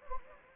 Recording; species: mosquito wingbeat signal from an infrared sensor; Anopheles gambiae